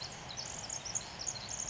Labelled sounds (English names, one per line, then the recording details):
Pacific Wren
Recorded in Sonoma County, California